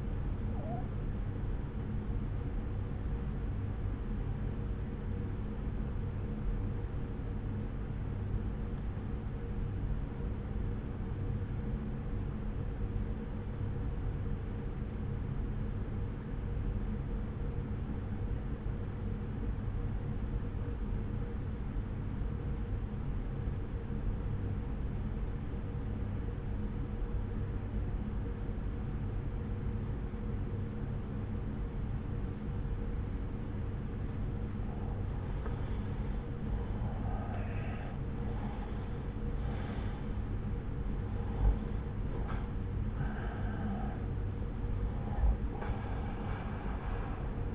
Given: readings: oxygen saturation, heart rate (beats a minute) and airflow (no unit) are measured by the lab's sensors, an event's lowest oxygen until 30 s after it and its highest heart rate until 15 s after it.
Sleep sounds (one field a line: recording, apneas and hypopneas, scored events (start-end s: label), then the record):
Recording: breathing in sleep by a smartphone at the bedside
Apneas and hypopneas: 1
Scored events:
6.00-34.50 s: obstructive apnea (N1, oxygen 96% highest, then 85% lowest, heart rate 58 at the start, 69 highest)
From the record:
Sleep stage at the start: N1 (lightest sleep)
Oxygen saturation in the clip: 84 to 96%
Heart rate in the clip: 58 to 69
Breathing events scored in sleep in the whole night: 303 in 8.1 hours asleep